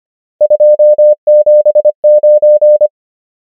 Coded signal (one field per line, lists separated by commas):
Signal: Morse code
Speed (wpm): 25 wpm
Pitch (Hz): 600 Hz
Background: none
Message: 2 7 9